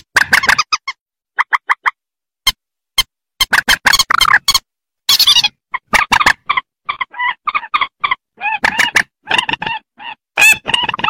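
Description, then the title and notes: Rail calls: short notes in small clusters, later longer harmonic notes in an uneven, busy sequence. "Kicau Burung Mandar"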